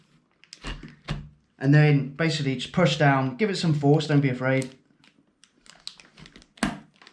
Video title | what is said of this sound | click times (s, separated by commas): The £2500+ PC build!! Ryzen 3900XT and RTX 2070 Super! | and that will click into place and then just give it a test | 6.6 s